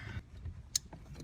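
On a 2019–2022 Chevy Silverado or GMC Sierra front camera and camera module install, a second harness plug is pushed home into the module connector. A sharp, bright click sounds at 0.8 s over faint low rumble and small handling noises. The plug is seated.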